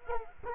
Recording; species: mosquito wingbeat signal from an infrared sensor; Culex quinquefasciatus